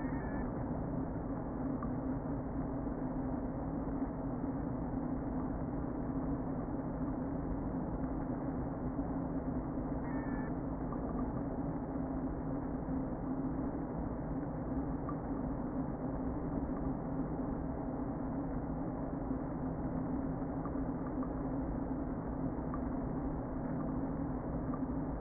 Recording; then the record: honeybee colony, microphone inside the hive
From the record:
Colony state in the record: queen present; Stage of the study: before two queens were removed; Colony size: about 60,000 bees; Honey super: yes